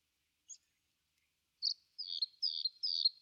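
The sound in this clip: Bluethroat song: after a brief high note, a series of clear repeated two-part phrases.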